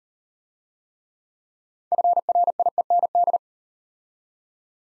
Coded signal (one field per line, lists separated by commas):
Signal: Morse code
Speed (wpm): 37 wpm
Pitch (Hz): 700 Hz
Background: none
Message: FRIEND